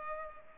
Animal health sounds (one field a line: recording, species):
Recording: mosquito wingbeat signal from an infrared sensor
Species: Culex pipiens